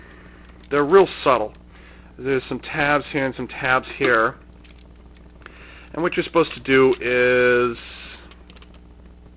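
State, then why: Not seated. Someone talks while a plastic fin blade accessory is guided onto the tabs of a DX Hyakujkuu Gattai Gao King (Chogokin GD-21) combining robot toy. Faint handling taps come at about 4.7–5.5 s and 8.3–9.1 s. Nothing has seated or clicked yet; the blade only rests on the tabs and does not snap into place.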